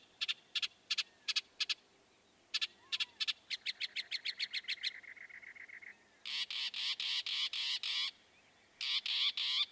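Northern mockingbird song: short bursts of sharp high notes repeated in sets, a chattering run of quick notes, then loud buzzy repeated phrases, each motif delivered several times before switching.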